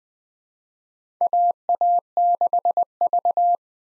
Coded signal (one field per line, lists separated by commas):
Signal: Morse code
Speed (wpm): 20 wpm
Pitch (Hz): 700 Hz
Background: none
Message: AA6V